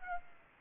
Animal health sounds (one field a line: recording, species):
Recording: mosquito wingbeat signal from an infrared sensor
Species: Aedes aegypti